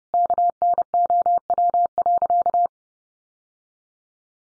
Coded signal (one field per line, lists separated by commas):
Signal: Morse code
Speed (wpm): 30 wpm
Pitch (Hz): 700 Hz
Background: none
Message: KNOW.